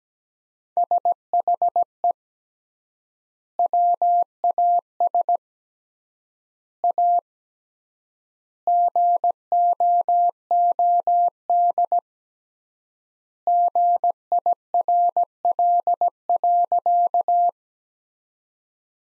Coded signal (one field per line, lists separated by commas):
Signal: Morse code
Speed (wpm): 17 wpm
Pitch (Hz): 700 Hz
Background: none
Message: SHE WAS A GOOD GIRL.